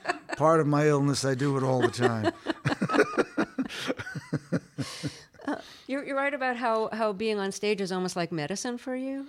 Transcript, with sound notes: It's part of my illness. I do it all the time. (Laughter).
You write about how being on stage is almost like medicine for you.